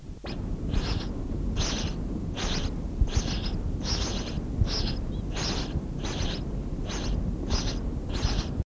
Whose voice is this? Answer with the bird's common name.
House Sparrow